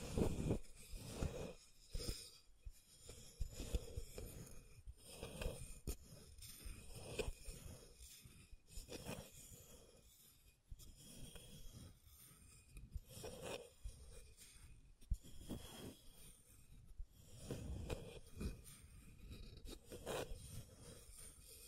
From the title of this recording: Scratching & Tracing